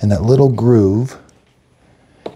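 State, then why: Seated. Someone talks while a cleaned plastic needle insert from a Cuisinart Barista System coffee maker is pressed flush into the single-serve pod holder, its groove lined up with the holder's groove. After a quiet stretch, one sharp tick at 2.3 s marks the insert snapping into place, seated.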